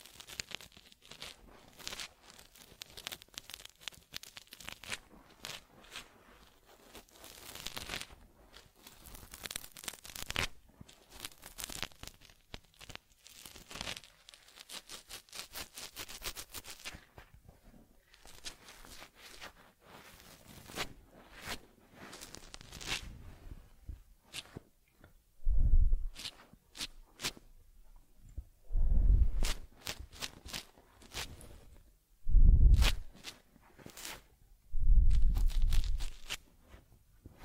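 Teddy gets a massage, cleansing and a fur combing: a dense run of quick brushing and scratching strokes across the fur, crinkly and bright. After about 25 seconds it thins into separate scrapes, with four louder, deeper rubbing bursts near 26, 29, 32 and 35 seconds.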